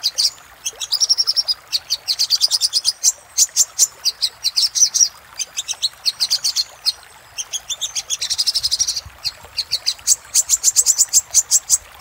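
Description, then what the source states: Little spiderhunter song: dense, overlapping runs of high rapid notes with brief pauses, the bursts sometimes merging into a continuous stream. Singing used as a master (masteran) for training cage birds, labelled 'Labaik'.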